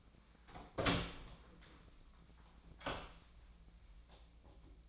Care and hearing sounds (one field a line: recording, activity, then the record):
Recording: daily activity, microphone in the room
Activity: open door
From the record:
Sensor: 1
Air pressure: 1009.2 hPa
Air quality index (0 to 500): 190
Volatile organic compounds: 4 ppm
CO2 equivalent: 1597 ppm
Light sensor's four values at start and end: 35/94/39/45 and 35/95/39/45